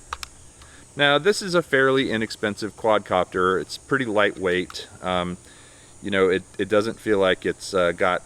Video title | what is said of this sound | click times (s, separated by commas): Best Drone for $60 - GoolRC T32 Foldable Quadcopter | So you want to make sure you get them all the way in and clicked when you open them. | 0.1 s, 0.2 s